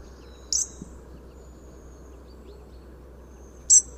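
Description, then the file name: European robin call notes: two sharp, very high ticks about three seconds apart against a quiet background with a low steady hum. "Erithacus rubecula"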